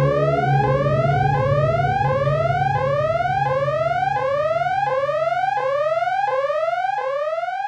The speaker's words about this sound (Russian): Сирена включилась, когда считавший шаги Бунин дошел до 552.